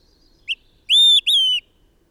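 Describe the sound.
Bird song: a short chip, then two long clear whistles near the same high pitch, the second sliding slightly downward, in a quiet background.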